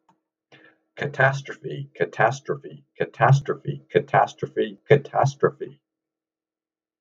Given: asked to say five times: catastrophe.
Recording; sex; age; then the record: repeated word; male; 60 to 69 years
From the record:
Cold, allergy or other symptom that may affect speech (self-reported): no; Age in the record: 69 years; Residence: Delaware, United States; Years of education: 17